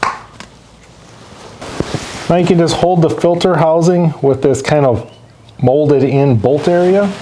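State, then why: Seated. A new oil filter element for a 2015-2022 GM 3.6L V6 is pushed by hand into the plastic filter housing cap and snaps into place with a sharp click at 0.0 s. Lighter knocks follow before someone talks.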